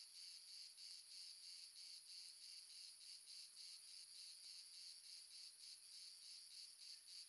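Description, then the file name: Cricket chorus: constant high-pitched pulsing chirps, regular rhythm about three per second, several insects blending together. Several crickets, south of France. "amb crickets multiple south france"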